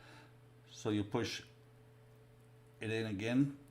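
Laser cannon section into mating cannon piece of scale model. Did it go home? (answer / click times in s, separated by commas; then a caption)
no / none. A plastic/metal laser-cannon section of a 1/18 scale DeAgostini X-Wing Fighter model is being handled and pushed into its keyed mating cannon piece. Someone talks briefly at about 0.8–1.5 s and again at 2.8–3.5 s over a steady low hum. Nothing has seated or clicked yet; the clip ends before the part snaps home.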